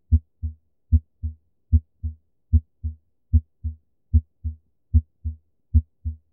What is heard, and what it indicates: A good example of normal heart sounds. These normal heart sounds are due to valve closure. The first one representing closure of the atrioventricular valves, in other words, mitral and tricuspid, and the second heart sound due to closure of the outflow valves, aortic and pulmonary. Because the left side of the heart is at a much higher pressure than the right side, the left-sided valves close with a lot more vigour, and they therefore make up the bulk of those sounds.